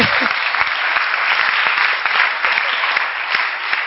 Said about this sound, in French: Everybody clap